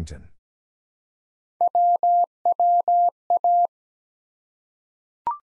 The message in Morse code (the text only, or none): WWA